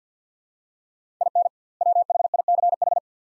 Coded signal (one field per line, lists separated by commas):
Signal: Morse code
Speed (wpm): 50 wpm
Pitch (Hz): 700 Hz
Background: none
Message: IN WHICH